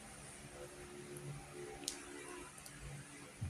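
The plastic punch-down cap of an RJ45 keystone jack is pushed down by hand over Cat 6 cable wires laid in their colour scheme. Against a low hum there is a faint tick at 1.2 s, then a sharp, bright click at 1.9 s, followed by another faint tick at 2.7 s. The cap clicks shut and seats at 1.9 s.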